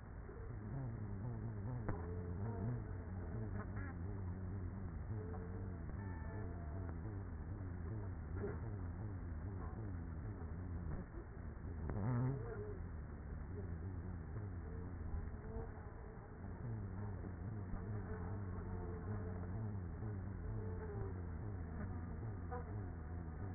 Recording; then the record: honeybee colony, microphone inside the hive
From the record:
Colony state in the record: queenless with a low population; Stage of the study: after two queens were removed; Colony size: about 30,000 bees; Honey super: no